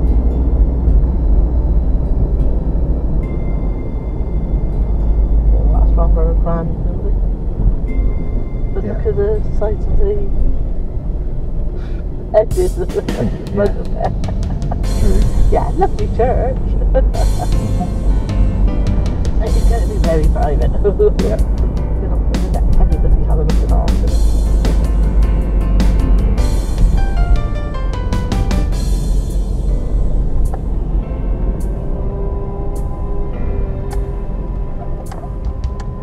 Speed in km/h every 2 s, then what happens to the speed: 29, 27, 24, 21, 18, 16, 16, 19, 23, 26, 26, 26, 24, 23, 23, 21, 11, 8.
0-10 slows to 16. 10-18 speeds up to 26. 18-29 steady at about 24. 29-36 slows to 8.